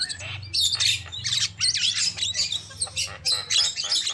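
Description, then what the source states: Lovebird squawks and wavering high twitters in rapid succession, with a soft low droning hum in the background. Lure call used for trapping birds.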